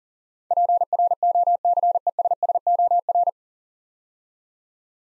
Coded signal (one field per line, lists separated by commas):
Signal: Morse code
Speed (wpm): 42 wpm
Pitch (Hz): 700 Hz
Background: none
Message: PROCESSOR